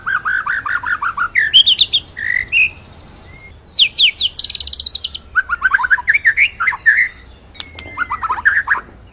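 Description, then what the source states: White-rumped shama song: lower warbled runs of rising notes, short whistles, a burst of high buzzy notes, then more rolling warbled phrases. Masteran recording used to train songbirds; full rolling ('ngerol') song in 'nembak' style.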